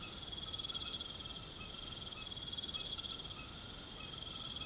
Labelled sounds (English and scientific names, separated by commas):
none